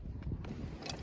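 The wiring harness connector is unplugged from the back of the headlight assembly on a 2008 Trailblazer before the housing is removed. Faint handling noises and a low rumble run through the clip, with small ticks at about 0.2, 0.3 and 0.5 seconds. The connector releases with a sharper click at 0.9 seconds, leaving it unplugged.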